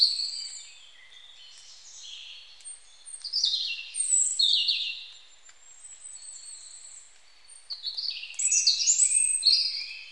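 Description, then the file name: European robin song in several short bursts of high, liquid, tumbling notes with brief pauses between them. "Erithacus rubecula"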